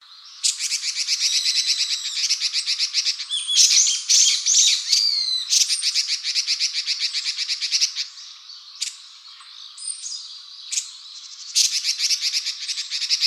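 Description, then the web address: Red-billed leiothrix calls, long rapid chattering series of dry, buzzy notes, broken by short pauses and a few sharper single notes, then resuming. "birdenaga Red-billed Leiothrix"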